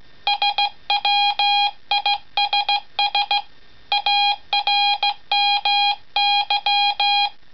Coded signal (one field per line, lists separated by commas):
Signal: Morse code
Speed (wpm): 15 wpm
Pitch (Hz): 820 Hz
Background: none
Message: SWISS ARMY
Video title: OH6DC Multi-function knife CW key